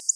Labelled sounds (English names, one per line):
Black-throated Blue Warbler flight call